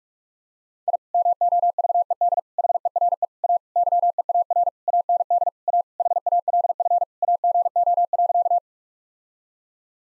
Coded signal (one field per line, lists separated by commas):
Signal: Morse code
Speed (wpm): 42 wpm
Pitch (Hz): 700 Hz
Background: none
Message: I MOVED HERE A YEAR AND A HALF AGO.